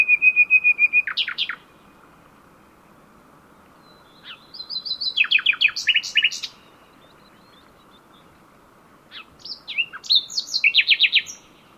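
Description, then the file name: Common nightingale song: three separate phrases several seconds apart, each mixing a steady whistle or high notes with rapid repeated trills and chattering, over faint low hiss. "Luscinia megarhynchos"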